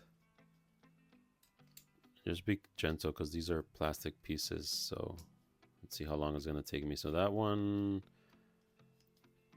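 A plastic accessory piece is clipped onto a Jada Toys Ultra Street Fighter II action figure, and a small, sharp click sounds at 1.8 s as it seats. Someone then talks about handling the plastic pieces gently, and the accessory is confirmed to be on.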